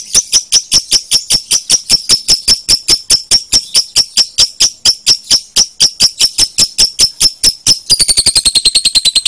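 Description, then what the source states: Lovebird chirping steadily with shrill clipped notes at a brisk pace, ending in a sudden faster trill of buzzy, rapid chirps. Lovebird called Putri Mentaya.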